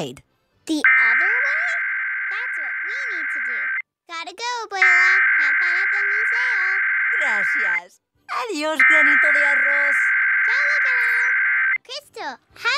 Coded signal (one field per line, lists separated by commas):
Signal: Emergency Alert System (SAME) tones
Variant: header bursts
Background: speech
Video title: EAS #705-708: 1 NWR and 3 EAS Required Monthly Tests- Oct. 20, 2022- 10:19AM PDT